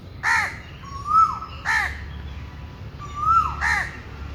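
Bird gives three raspy caws alternating with two smooth whistled notes that rise slightly and then drop away.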